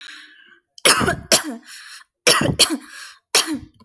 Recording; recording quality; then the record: heavy voluntary cough; excellent, no background noise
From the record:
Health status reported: recovered from COVID-19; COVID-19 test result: negative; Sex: female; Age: 21 years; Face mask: not worn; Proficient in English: yes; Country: India